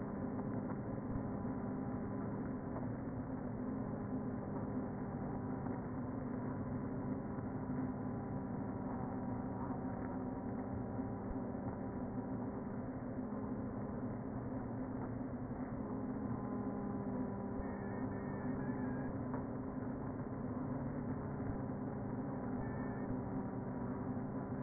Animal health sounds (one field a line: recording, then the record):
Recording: honeybee colony, microphone inside the hive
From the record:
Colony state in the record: queen present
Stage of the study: before two queens were removed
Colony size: about 60,000 bees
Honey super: yes